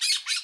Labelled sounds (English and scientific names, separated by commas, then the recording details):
Brown-throated Parakeet (Eupsittula pertinax) contact call
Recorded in Bonaire
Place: 1 km E of roosting area just N of Seru Largu
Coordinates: 12.199, -68.268